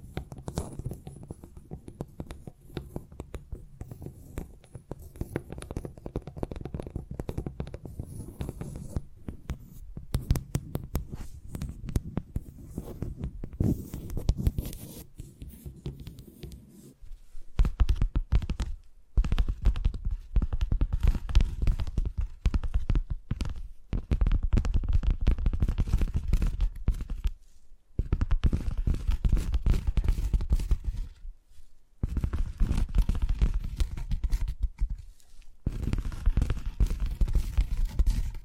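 Tapping sounds fill the stretch, a dense, rapid patter of small knocks and scratchy touches, mostly low and soft with occasional brighter clicks. The tapping runs nearly continuously, broken by a few brief silences from about seventeen seconds on, each followed by renewed bursts.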